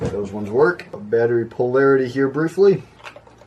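Fresh batteries are handled at the battery compartment of an old film camera after checking their polarity, while someone talks almost throughout. A faint tick comes near the end, but the batteries have not seated or clicked into place yet.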